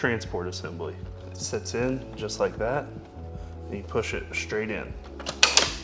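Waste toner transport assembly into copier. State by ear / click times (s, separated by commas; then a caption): seated / 5.4 s. Someone talks over background music while a waste toner transport assembly is set in place and pushed straight into a Xerox PrimeLink C9200 Series copier. A sharp, loud click at 5.4 s shows the assembly seating home.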